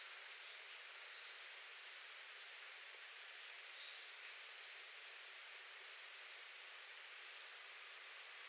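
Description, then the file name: Goldcrest with two very high, thin bursts of rapid notes about five seconds apart, and a few faint scattered high notes between them. Recorded 30 January 2019. "kikuitadaki 190130 kosado"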